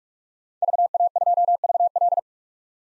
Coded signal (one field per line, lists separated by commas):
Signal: Morse code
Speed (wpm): 46 wpm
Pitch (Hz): 700 Hz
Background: none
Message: VA2VL